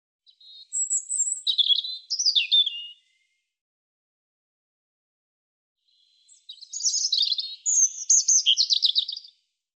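European robin singing two varied phrases of sweet, high twittering and fluttering trills, separated by a pause of about three seconds; nothing else is heard.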